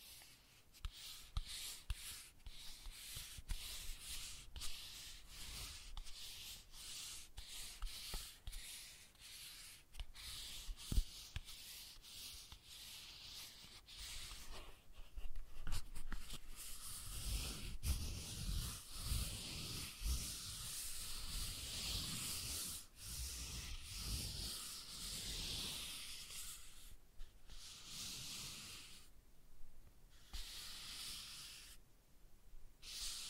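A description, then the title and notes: ASMR tracing: a soft, continuous scratchy rubbing, like a fingertip or pen dragged over a textured surface, with a bright hissy edge. The strokes come in quick, uneven bursts with small taps and clicks, and brief pauses near the end. ASMR Sensitive Tracing (No Talking).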